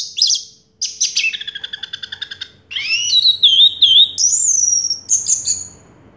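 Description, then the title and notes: Orange-headed thrush song: a fast rattling series of repeated notes, followed by rich looping whistles and high sliding tones. Anis merah song in the 'teler' style, with a clear voice. "Anis Merah Teler Suara Jernih. suara anis merah"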